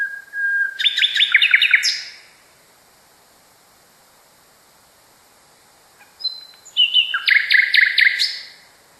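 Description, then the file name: Common nightingale song: two loud phrases separated by a few seconds of silence, each a low whistle or rising note followed by rapid, repeated metallic chips. Song, variation 5. "kicauan-nightingale-a-variasi 5-omkicau"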